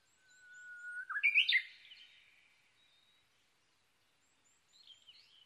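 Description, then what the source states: Japanese bush warbler gives one song: a sustained whistled note breaking into an emphatic warbled ending, then quiet with soft bird chirps. Recorded 22 May 2011 at 05:58.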